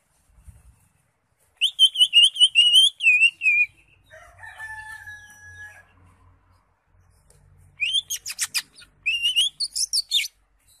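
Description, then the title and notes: Greater Green Leafbird song: a long run of fast, wavering whistles, a steady level tone, then sharp scratchy notes and more quick whistles. Recording intended as a master for training caged birds. "Suara Burung Cucak Ijo. mantap buat masteran burung cak ijo"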